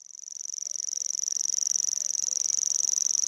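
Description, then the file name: Common grasshopper warbler song, a high, dry mechanical reeling that swells in from quiet and holds steady as a fast, even insect-like trill. "Feldschwirl"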